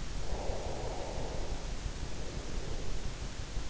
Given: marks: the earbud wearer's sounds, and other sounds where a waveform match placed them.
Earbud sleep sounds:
sounds in sleep by an in-ear microphone; breath
0.35-3.16 s: breath

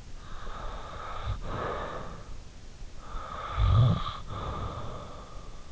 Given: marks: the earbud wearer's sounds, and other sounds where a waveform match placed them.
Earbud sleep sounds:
sounds in sleep by an in-ear microphone; breath, snoring breath
0.33-2.38 s: breath
2.78-5.24 s: snoring breath

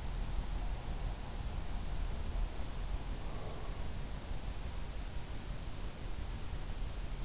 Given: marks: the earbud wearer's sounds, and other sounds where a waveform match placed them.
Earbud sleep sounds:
sounds in sleep by an in-ear microphone; breath
3.08-4.05 s: breath

